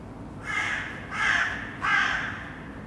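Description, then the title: Crow calling three loud, rasping caws spaced roughly half a second to a second apart, against a faint low hum. Saint-Gilles, Belgium; recorded with Sony PCM-D100 internal microphones set to wide position. "Saint-Gilles, Belgique - Crows - corneilles"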